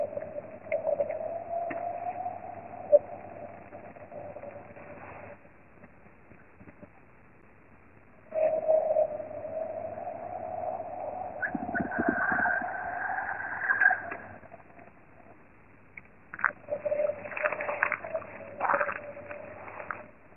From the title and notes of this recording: Chant du lac du Bouchet. Après plusieurs semaines de grand froid, le lac du Bouchet (Haute-Loire) était gelé. Au soleil, vers midi, les glaces créaient un jeu d'anches : le lac chantait.